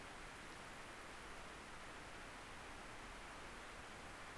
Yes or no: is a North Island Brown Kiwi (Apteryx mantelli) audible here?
no